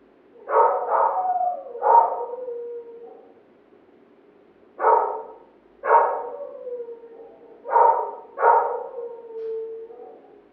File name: Digiffects Sound Effects Library - Neighbours Dog Barking